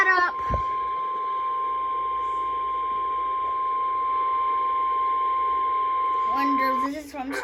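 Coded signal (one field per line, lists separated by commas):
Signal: Emergency Alert System (SAME) tones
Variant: 1050 Hz attention tone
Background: speech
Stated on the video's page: EAS tones for a severe thunderstorm warning.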